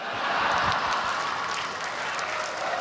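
A crowd applauds steadily, dense overlapping claps forming a bright, continuous wash of sound at an even level for a few seconds, with no voices standing out.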